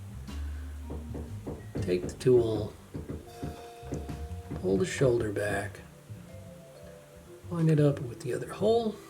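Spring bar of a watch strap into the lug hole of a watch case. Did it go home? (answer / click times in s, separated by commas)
no / none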